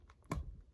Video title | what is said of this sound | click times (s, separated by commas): Mattel Jurassic World Hammond Collection Stygimoloch Figure Unboxing and Review | Okay. Not as loud, but it definitely did uh settle in there. | 0.3 s